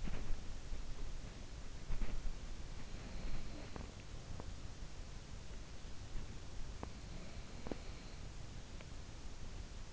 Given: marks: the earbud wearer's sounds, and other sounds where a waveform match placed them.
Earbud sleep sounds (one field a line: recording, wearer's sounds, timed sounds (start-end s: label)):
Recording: sounds in sleep by an in-ear microphone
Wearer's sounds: body movement, teeth grinding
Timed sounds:
0.00-1.45 s: body movement
1.82-2.42 s: body movement
2.82-4.16 s: body movement
3.64-4.67 s: teeth grinding
6.74-7.05 s: teeth grinding
7.05-8.41 s: sound from someone else or the room
7.48-7.96 s: teeth grinding